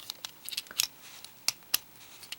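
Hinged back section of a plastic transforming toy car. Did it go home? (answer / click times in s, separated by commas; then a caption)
yes / 1.5 s, 1.7 s. The hinged plastic back section of a Bandai Pixar Cars Hatch N Heroes transforming toy car is swung out and brought around, with light plastic clicks and rattles as it moves. It snaps into position with two sharp clicks at 1.5 and 1.7 seconds, locking everything in place.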